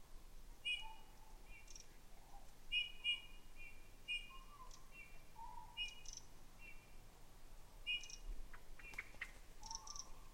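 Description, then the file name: Eurasian bullfinch calls: soft, short piping whistles in small clusters, with a few lower whistled notes, faint over steady background hiss. "Pyrrhula pyrrhula"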